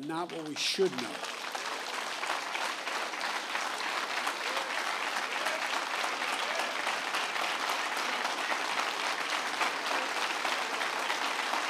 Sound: applause

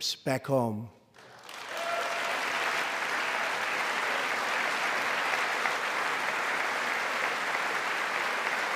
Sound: applause

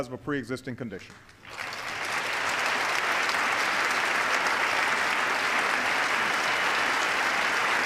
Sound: applause

